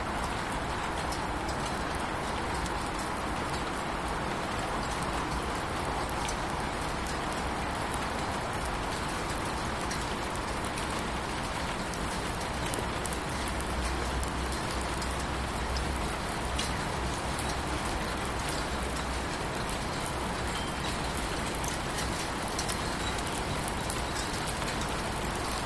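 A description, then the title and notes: Steady, dense rain falls, an even hiss with fine crackling patter throughout and a faint low rumble underneath from the town. A number of recordings of rain in my backyard, in town, at work.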